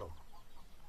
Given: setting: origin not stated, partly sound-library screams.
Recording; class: one-second piece from a danger detection set; normal situation